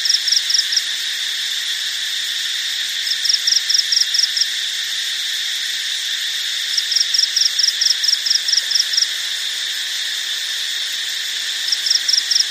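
Cricket giving repeated high, ticking pulse trains separated by short pauses, four bursts in all, set against a continuous buzzy insect drone.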